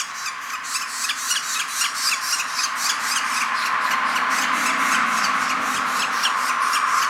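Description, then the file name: Northern flicker nestling begging with scratchy, buzzy rasps repeated rapidly over a constant hiss. Nestling calling while being fed. "Northern Flicker Nestling Calling and Feeding"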